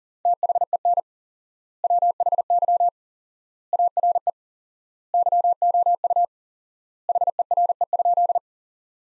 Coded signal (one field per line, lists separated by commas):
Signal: Morse code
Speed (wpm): 40 wpm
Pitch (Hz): 700 Hz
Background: none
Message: THEN WHY ARE YOU HERE?